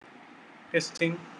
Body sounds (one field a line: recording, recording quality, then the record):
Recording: counting at a normal pace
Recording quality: poor, much background noise or distortion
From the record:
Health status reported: healthy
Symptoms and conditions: none ticked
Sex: male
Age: 26 years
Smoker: not ticked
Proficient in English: yes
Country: India